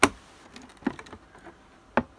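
A RAM stick is pressed with the thumb into a motherboard DIMM slot, with more pressure added until it latches and secures into the motherboard. Sharp clicks sound at 0.0 s and 2.0 s, with fainter ticks in between. The memory stick is seated and locked in the slot.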